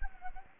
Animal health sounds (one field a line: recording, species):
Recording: mosquito wingbeat signal from an infrared sensor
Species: Anopheles gambiae